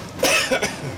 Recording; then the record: coughing mixed with background sound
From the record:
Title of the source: Dry Afternoon Cough